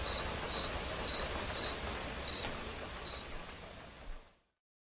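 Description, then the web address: Cricket chirps, short and high, sounding a handful of times over soft rain before everything fades out to silence. Crickets chirping along with quiet rain. "som de chuva silenciosa com acompanhamento de grilos"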